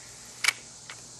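On a Barnett Ghost 350 crossbow, the bow string is pulled back with a rope cocking device until it catches in the trigger latch, giving a sharp click at 0.5 s. A fainter click follows at 0.9 s over a steady low hiss. The string latches and the crossbow is cocked.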